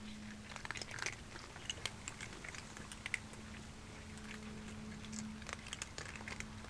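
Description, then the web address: Domestic cat eating, irregular crunchy chewing clicks and bites over a low steady hum. Cat feeding, 3 December 2009, ambisonic equipment. "ambisonic samples donna 20091203 Cat Feeding"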